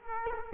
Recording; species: mosquito wingbeat signal from an infrared sensor; Culex quinquefasciatus